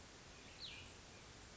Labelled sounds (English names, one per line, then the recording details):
Cassin's Vireo
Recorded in Sonoma County, California